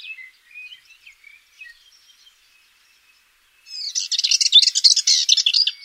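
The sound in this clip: Eastern subalpine warbler: a few soft scattered chips, a pause, then a loud fast scratchy warble of dense high notes to the end.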